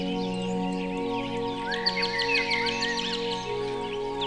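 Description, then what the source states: Bird twittering with a rapid run of repeated chirps near the middle, other birds calling around it, over sustained music tones. Birdsong mixed with music.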